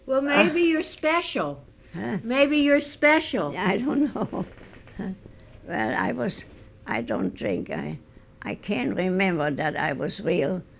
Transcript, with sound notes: Well, maybe you're special.
Huh?
Maybe you're special.
I don't know. ( she laughs ) Well, I was, I don't think, I can't remember that I was real,